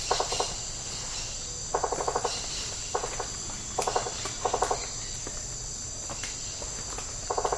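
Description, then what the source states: Insects: a shrill continuous drone with repeated short, lower rattling bursts of rapid pulses at irregular intervals. Tropical rainforest habitat.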